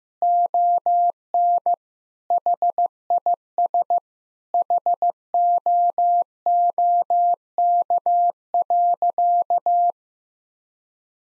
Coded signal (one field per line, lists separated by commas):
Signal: Morse code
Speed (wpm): 16 wpm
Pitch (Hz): 700 Hz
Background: none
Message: ON HIS HOOK.